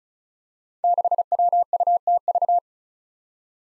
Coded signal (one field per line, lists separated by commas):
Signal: Morse code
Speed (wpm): 36 wpm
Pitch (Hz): 700 Hz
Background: none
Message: 6WUTV